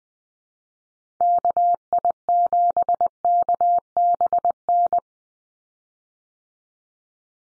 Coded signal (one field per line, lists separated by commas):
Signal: Morse code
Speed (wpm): 20 wpm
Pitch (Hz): 700 Hz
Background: none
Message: KI7KBN